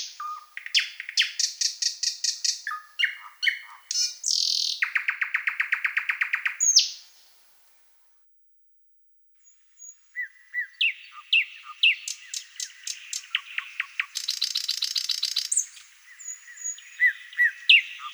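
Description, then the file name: Thrush nightingale song: fast, varied phrases of repeated clicks and a pulsing rattle. After a silent break, whistled notes and a high buzzy trill follow. "solovey obyknovennyy golos"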